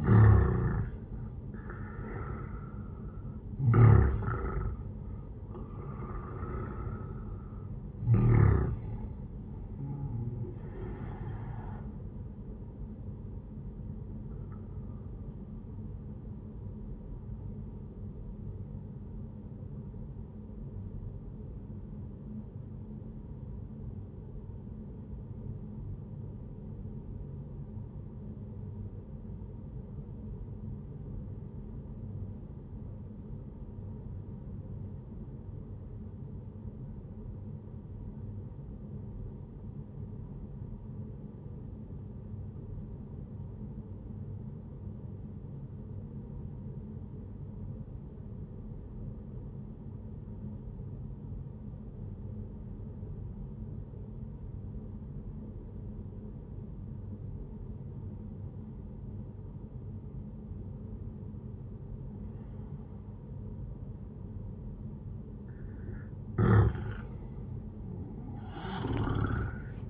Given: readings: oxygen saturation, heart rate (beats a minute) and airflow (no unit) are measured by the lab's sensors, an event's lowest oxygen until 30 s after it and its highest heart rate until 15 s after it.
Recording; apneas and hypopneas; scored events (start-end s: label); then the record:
breathing in sleep by a smartphone at the bedside; 1
11.00-41.00 s: new sleep stage, N1 (lightest sleep)
20.00-65.50 s: obstructive apnea (N1, oxygen 97% highest, then 89% lowest, heart rate 65 at the start, 79 highest)
41.00-69.90 s: new sleep stage, N2 (light sleep)
From the record:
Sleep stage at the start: N2 (light sleep); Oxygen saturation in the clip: 88 to 97%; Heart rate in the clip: 60 to 80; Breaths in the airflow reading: 5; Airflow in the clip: -8.0 to 13.2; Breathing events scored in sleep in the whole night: 131 in 7.2 hours asleep